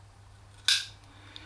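On a Triumph Scrambler 1200, the pillion foot peg is folded up from its riding position, and its spring-loaded detent ball bearing clicks into the locator hole in the metal hanger plate at 0.7 s. The click is sharp and bright, with its energy mostly above 1 kHz, over a steady low hum. A faint tick follows at 1.4 s, and the ball is seated.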